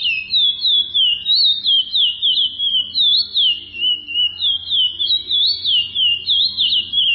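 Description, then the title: Chestnut-bellied seed finch song, rich looping whistled notes swooping up and down in an unbroken melodic chain. "Canto De Curio"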